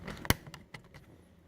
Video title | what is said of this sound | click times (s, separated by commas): Honda civic si front speaker replacement | you'll hear a clicking sound again okay | 0.3 s